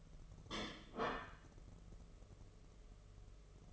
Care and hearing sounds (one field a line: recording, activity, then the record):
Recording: daily activity, microphone in the room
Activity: place plate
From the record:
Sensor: 4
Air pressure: 1015.9 hPa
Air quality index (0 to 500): 208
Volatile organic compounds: 13 ppm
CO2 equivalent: 2393 ppm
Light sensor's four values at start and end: 16/37/15/16 and 14/33/13/13